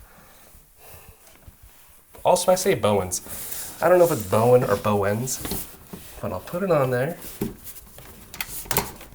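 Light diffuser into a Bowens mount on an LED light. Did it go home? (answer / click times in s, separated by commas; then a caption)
yes / 8.7 s. Someone talks, then a diffuser is placed onto the Bowens mount of an amaran COB 60x S LED light and twisted, making a few short, sharp clicks near the end. It locks into place with a click at 8.7 s, and the diffuser is seated.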